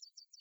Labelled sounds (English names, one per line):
Yellowhammer song